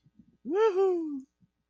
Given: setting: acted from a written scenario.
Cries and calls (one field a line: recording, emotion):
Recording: vocal sound without words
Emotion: pride